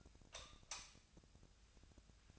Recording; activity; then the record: daily activity, microphone in the room; light off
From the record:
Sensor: 2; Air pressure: 1009.7 hPa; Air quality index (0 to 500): 182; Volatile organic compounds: 11 ppm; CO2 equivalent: 2271 ppm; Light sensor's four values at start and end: 33/85/36/39 and 28/68/29/32